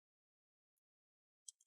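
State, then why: Released. A guitar pick is wedged between the plastic bottom cover and the palm rest of an Asus Vivobook 15 K513e laptop and twisted backward, and a plastic snap clip of the bottom cover releases from the palm rest. A faint high tick comes at about 0.8 s, then a sharp, bright click at 1.5 s, followed by a few smaller ticks up to about 1.7 s. The clip pops loose at 1.5 s.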